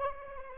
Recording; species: mosquito wingbeat signal from an infrared sensor; Anopheles arabiensis